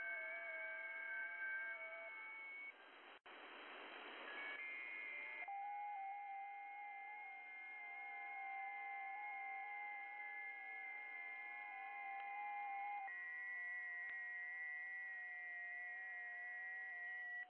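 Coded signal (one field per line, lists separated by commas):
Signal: FT8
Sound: several steady warbling tones at once over hiss, changing after a short noisy break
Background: radio static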